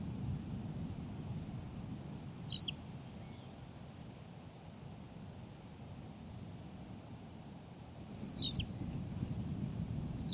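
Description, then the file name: Tawny pipit giving two high chirped phrases about six seconds apart, with the start of a third at the very end, over a steady low rumbling background. "Pipit rousseline Anthus campestris"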